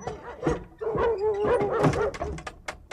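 Three dogs, the largest a shaggy grey shepherd dog, bark angrily as they rush at people, a loud, overlapping clamor of harsh yelps and snarling barks tumbling over one another without pause for about three seconds.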